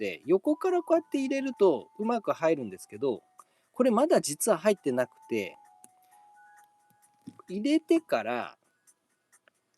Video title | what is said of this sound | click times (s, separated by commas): ムゲンバインムソウ第二弾 を生配信レビューデス!!《俺合体研究所 ★★生配信★★ 》 | up and go from the bottom to the top, it will click into place. | 9.5 s